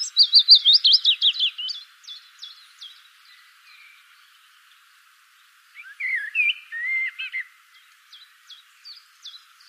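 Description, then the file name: Common blackbird song opens with a bright twittering burst, falls quiet, then returns around six seconds with a lower fluty warbled phrase; faint high chirps trail off afterwards. "Turdus merula"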